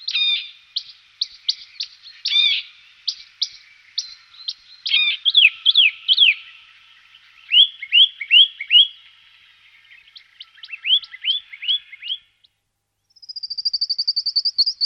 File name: brhlík skalní